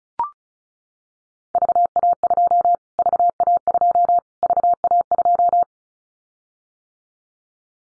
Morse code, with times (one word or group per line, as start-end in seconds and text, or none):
1.5-2.8 VA2
3.0-4.2 VA2
4.4-5.6 VA2